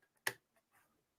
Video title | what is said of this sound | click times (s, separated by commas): The Interesting Modelling Co. LIVE | you can hear it click into place can't you | 0.3 s